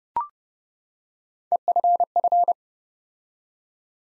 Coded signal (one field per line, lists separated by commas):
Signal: Morse code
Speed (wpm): 29 wpm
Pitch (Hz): 700 Hz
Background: none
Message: EFF